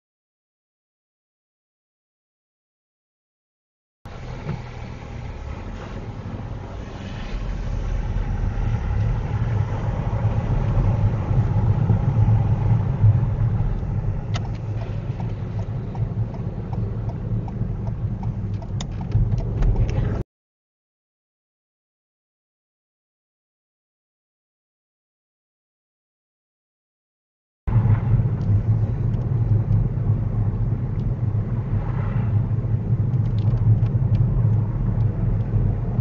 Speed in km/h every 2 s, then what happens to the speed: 0, 0, 0, 8, 13, 16, 16, 19, 19, 19, 24, 24, 24, 26, 24, 23, 23, 26.
0-4 standing. 4-36 pulls away to 26.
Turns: 5-13.